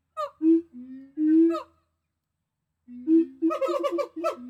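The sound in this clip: Gibbon calls: a few low hoots, a pause, then a quickening series of hooting notes with higher overtones.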